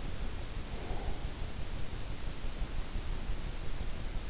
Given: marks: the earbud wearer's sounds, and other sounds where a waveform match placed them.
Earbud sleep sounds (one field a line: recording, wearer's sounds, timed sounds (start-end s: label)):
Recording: sounds in sleep by an in-ear microphone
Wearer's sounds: breath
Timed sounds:
0.39-2.06 s: breath